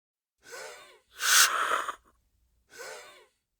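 A short breath with a warbling, whistling wheeze, then a loud hissing rush of about a second as an inhaler is used and breathed in, then another brief whistly breath. The musical wheeze points to narrowed airways, as in asthma.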